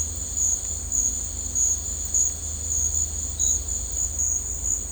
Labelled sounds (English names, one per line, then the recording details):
none
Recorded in dense forest near Puerto Asís, Putumayo, Colombia, on 18 December 2024 at 14:00
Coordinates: 0.466, -76.327
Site G075